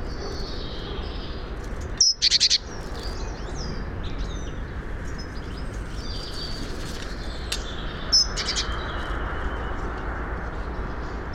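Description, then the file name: Great tit calling with a sharp high note and a rapid buzzy churr, then again more faintly later, over constant rushing noise. "Parus major"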